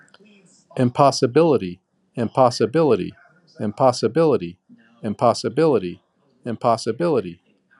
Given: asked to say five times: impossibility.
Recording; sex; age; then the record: repeated word; male; 40 to 49 years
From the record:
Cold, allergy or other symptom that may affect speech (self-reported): no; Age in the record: 43 years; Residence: Virginia, United States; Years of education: 18